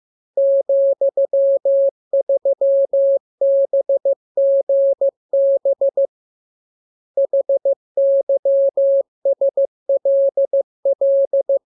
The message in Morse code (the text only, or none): ,3BGB HYSLL